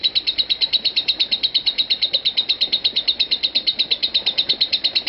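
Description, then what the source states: Lovebird repeating crisp, high chirps in a tight, regular rhythm, steady from start to finish. Call style named konslet.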